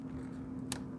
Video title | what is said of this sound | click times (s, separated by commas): APR Big Turbo Golf R Build / Supporting Mods | And you can hear once it latches like that, you can see it's in there. | 0.7 s